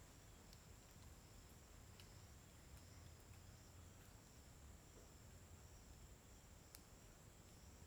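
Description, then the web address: Cricket chirping forms a continuous high, even drone, joined by several faint ticks and low rumbling noise. Daytime ambience on a riverbank in the forest, with steady, uniform crickets, in Tocantins. "Ambiente na beira do rio na mata com passaros e grilos homogeneos dia. local tocantins"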